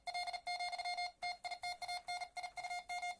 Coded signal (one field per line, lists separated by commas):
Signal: Morse code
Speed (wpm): 39 wpm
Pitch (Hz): 710 Hz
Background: none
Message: L, TITANIUM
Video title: Single Paddle Morse Code at 45 WPM